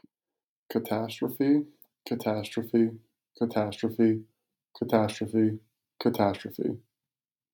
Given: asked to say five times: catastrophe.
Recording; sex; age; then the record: repeated word; male; 30 to 39 years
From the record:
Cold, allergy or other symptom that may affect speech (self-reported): no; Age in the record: 32 years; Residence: Arizona, United States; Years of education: 16